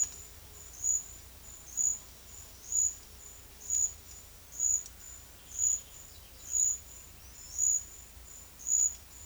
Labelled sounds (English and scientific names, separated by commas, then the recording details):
none
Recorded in secondary vegetation near Puerto Asís, Putumayo, Colombia, on 23 June 2025 at 10:00
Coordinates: 0.500, -76.326
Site GP08